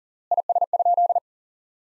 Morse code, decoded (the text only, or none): IS?